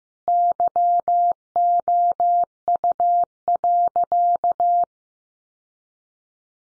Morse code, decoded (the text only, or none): YOU.